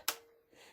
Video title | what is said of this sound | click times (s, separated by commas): How to Serge a Small Pouch : Simple Beginner Serger Tutorial with Faodail Creation | that it just snapped into place and it's it's right | 0.1 s